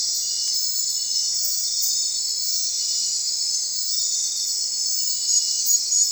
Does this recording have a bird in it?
no